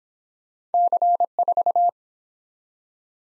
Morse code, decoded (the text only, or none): C4